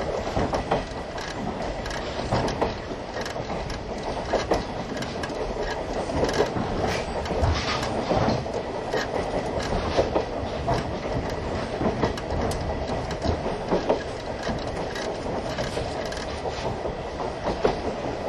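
A vintage passenger coach train hauled by an E10 locomotive runs steadily on the Ōigawa line, its rumble dense and continuous. Frequent sharp clicks and knocks from the wheels and couplings punctuate the ride, with a faint high squeal throughout and no clear pauses.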